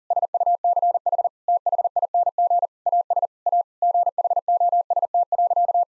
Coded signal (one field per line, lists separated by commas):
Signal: Morse code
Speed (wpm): 40 wpm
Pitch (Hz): 700 Hz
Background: none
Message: SUCH THING AS A GHOST.